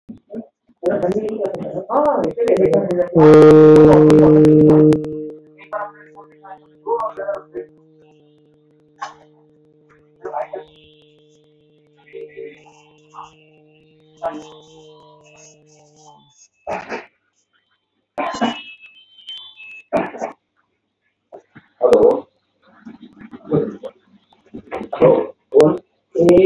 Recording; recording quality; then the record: sustained vowel as in made; moderate, slight background noise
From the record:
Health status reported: exposed to COVID-19, no respiratory illness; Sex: male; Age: 32 years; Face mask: not worn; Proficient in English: yes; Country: India